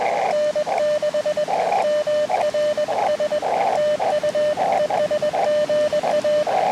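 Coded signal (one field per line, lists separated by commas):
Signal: Morse code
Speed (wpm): 20 wpm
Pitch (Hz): 600 Hz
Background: radio noise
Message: N6MRS TU ES GA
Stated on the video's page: CW POTA activation of a new park on Puerto Rico's north coast, using an Elecraft KX2 and Sidewinder antenna.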